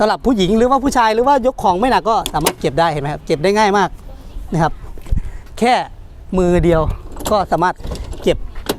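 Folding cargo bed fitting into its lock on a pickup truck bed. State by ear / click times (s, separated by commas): seated / 8.7 s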